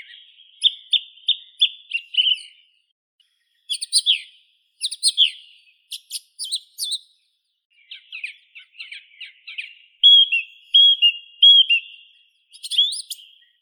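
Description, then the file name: Song thrush singing a varied series of phrases, some whistled notes repeated several times, others scratchy and high, with short pauses between. "Neizvesten - Drozd pevchij Turdus philomelos (Zvyki com)"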